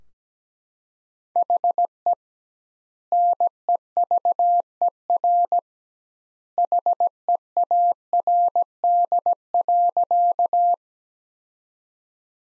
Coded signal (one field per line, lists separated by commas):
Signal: Morse code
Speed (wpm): 17 wpm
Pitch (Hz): 700 Hz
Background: none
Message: HE NEVER HEARD.